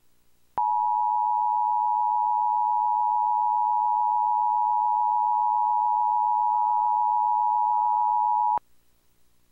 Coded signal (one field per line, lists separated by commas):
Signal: Emergency Alert System (SAME) tones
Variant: 853 and 960 Hz attention tone